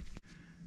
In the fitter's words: retaining clip back on snapped in place